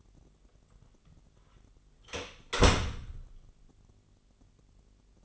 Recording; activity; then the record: daily activity, microphone in the room; close door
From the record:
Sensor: 4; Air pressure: 999.2 hPa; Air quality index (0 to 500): 115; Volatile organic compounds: 2 ppm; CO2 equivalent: 1136 ppm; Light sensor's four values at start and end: 11/28/11/12 and 12/29/12/13